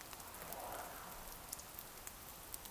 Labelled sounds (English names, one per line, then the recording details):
Eurasian Woodcock whistle
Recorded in Baden-Württemberg, Germany, on 28 June 2020 at 02:30 UTC
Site 43791, 788 m above sea level